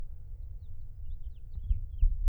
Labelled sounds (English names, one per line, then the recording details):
House Finch song
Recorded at Babylon on Long Island, New York, on 22 May 1975
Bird B